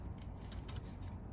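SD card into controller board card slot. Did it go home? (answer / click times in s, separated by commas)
yes / 0.5 s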